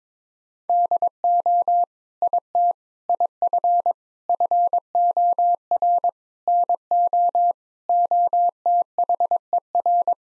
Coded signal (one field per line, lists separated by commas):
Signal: Morse code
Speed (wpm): 21 wpm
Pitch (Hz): 700 Hz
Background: none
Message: DO IT IF FOR NO OTHER